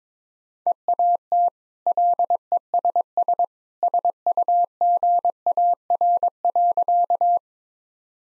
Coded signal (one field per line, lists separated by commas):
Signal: Morse code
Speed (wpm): 22 wpm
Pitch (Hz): 700 Hz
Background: none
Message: EAT LESS SUGAR.